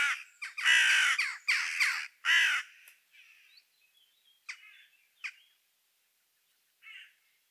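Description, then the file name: Carrion crow giving a burst of harsh, rasping caws over the first three seconds, followed by scattered faint chirps and short squawks. "Corvus corone"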